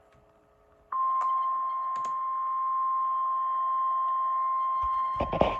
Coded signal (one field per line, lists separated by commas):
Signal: Emergency Alert System (SAME) tones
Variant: 1050 Hz attention tone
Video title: Severe Thunderstorm Warning EAS#454